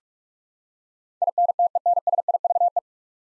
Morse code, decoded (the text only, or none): INTENSIVE